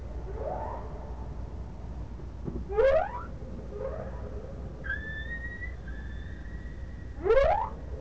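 Whale calls: short rising whoops a few seconds apart and a long flat high whistle in between, over a faint steady rumble.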